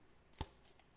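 A massage head attachment is pushed onto the shaft of a massage gun until it locks in place. A single sharp click at 0.4 s, with faint softer ticks just before and after it, confirms the attachment has seated.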